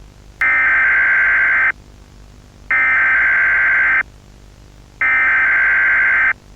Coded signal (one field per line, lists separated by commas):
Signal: Emergency Alert System (SAME) tones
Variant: header bursts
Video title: Starling | Emergency Alert